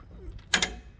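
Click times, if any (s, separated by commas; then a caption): 0.5 s. On the rear drum brake of a 2007–2014 Chevy Silverado or GMC Sierra, a metal spring or clip on the brake shoe hardware is levered into place. After faint mechanical creaking, a sharp metallic snap at 0.54 s is followed by a second, quieter one at 0.6 s. The spring is seated and can be let go.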